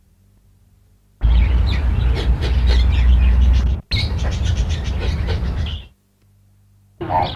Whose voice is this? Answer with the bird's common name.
Yellow-billed Turaco